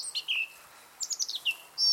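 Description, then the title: Blackcap song, two quick bursts of clear whistled and warbled notes, some sliding downward, separated by a short pause, then a bright final note. Singing in the UK after surviving migration; the song includes a bit of blackbird imitation. "WHY WE NEED BLACKCAPS ALIVE NOT DEAD"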